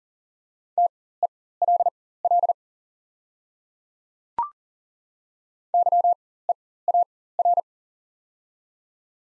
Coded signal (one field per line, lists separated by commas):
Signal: Morse code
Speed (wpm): 40 wpm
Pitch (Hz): 700 Hz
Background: none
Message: TELL YEAR